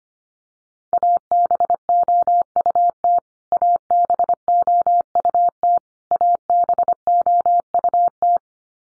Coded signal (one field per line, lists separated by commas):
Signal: Morse code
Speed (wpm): 25 wpm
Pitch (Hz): 700 Hz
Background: none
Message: ABOUT ABOUT ABOUT